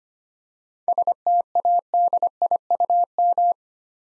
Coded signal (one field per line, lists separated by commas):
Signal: Morse code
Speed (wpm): 25 wpm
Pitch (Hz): 700 Hz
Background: none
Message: STADIUM